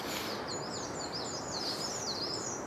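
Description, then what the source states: Crested tit song: a fast series of very high, thin, wavering notes, partly masked by steady background noise. Wild bird flying overhead giving a very high-pitched trill like a marble bouncing fast on tiles; Col de Carry, Vercors plateau, mountain forest at about 1200 m, 22 March 2023, guided birding walk.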